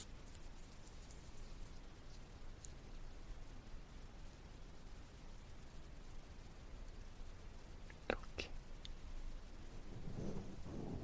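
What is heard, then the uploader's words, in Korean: Ear cleaning with a sticky ear pick and cotton swab: a steady, dense crackling rustle with a low rumble runs throughout, like scratching against the mic. Around eight seconds a few sharp clicks stand out, and a fuller scraping swell rises near the end. 점착식 귀이개와 면봉 귀청소.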